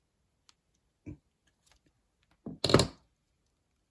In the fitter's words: Okay, you heard it pop. You might have heard it pop in. It's in on the back, but not on the front.